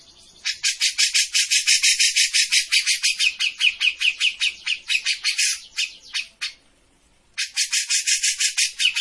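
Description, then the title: Grey-cheeked bulbul singing a fast, even stream of buzzy chattering notes, pausing briefly before resuming. Bird-training master (masteran) of a cucak jenggot singing continuously (gacor). "Cucak Jenggot Gacor. Masteran burung cucak jenggot ! Suaka burung"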